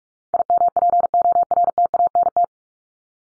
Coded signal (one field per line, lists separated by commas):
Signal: Morse code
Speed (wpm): 44 wpm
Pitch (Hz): 700 Hz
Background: none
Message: IMPORTANT